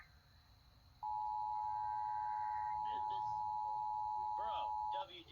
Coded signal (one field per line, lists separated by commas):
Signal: Emergency Alert System (SAME) tones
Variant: 853 and 960 Hz attention tone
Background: speech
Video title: Tornado Watch#555 EAS#376